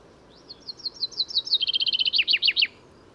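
Common chaffinch singing a bright phrase of repeated high notes that quicken into a faster, lower trill, finishing with several down-slurred notes.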